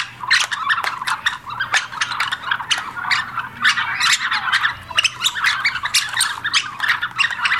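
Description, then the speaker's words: European starling flock calls: a dense, continuous chatter of many sharp clicks, squeaks and buzzy notes overlapping without pause. A flock of starlings calling together. "A bunch of starlings together sound like this."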